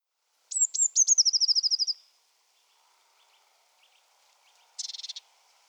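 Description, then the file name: Eurasian blue tit calling with thin high notes falling into a fast descending trill, then a brief buzzy churr a few seconds later. "Cyanistes caeruleus"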